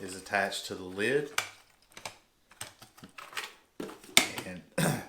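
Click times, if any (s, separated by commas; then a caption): 4.2 s. Someone talks, then a plastic tackle box lid is closed with a few light taps and knocks. Its plastic latch snaps shut with one sharp click at 4.2 seconds. The latch seats and holds closed.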